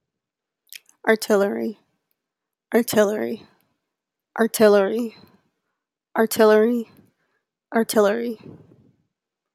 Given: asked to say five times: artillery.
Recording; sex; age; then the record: repeated word; female; 20 to 29 years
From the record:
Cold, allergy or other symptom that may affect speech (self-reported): no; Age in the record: 27 years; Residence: Connecticut, United States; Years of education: 17